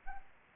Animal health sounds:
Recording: mosquito wingbeat signal from an infrared sensor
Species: Anopheles arabiensis

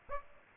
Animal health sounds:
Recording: mosquito wingbeat signal from an infrared sensor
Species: Aedes aegypti

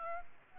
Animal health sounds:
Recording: mosquito wingbeat signal from an infrared sensor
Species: Aedes albopictus

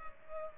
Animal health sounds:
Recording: mosquito wingbeat signal from an infrared sensor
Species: Culex pipiens

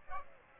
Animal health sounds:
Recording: mosquito wingbeat signal from an infrared sensor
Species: Aedes aegypti

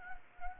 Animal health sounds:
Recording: mosquito wingbeat signal from an infrared sensor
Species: Anopheles arabiensis

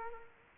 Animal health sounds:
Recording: mosquito wingbeat signal from an infrared sensor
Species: Culex quinquefasciatus

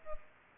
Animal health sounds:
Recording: mosquito wingbeat signal from an infrared sensor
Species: Culex pipiens

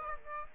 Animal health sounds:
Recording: mosquito wingbeat signal from an infrared sensor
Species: Aedes aegypti

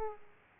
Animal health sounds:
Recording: mosquito wingbeat signal from an infrared sensor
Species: Aedes aegypti

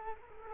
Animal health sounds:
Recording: mosquito wingbeat signal from an infrared sensor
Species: Culex quinquefasciatus

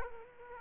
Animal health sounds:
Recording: mosquito wingbeat signal from an infrared sensor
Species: Culex quinquefasciatus

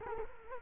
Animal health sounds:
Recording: mosquito wingbeat signal from an infrared sensor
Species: Culex quinquefasciatus

